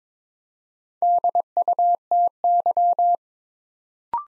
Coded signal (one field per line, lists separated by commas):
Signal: Morse code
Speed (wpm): 22 wpm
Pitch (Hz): 700 Hz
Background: none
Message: DUTY